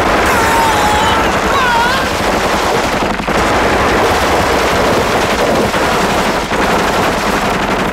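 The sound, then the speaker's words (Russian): Sustained bursts of Kalashnikov automatic rifle fire from a white minibus aimed at a Mercedes rattle in rapid, dense volleys for the whole stretch, loud and harsh, with a brief high wavering tone near the start. “Сидящие в микроавтобусе наводят на «Мерседес» автоматы Калашникова.”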